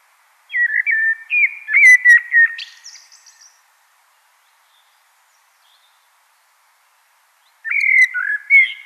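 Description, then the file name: Common blackbird song: a rich warbled phrase of clear notes ending in a high scratchy twitter, followed by silence and the start of another fluty phrase. "Turdus merula"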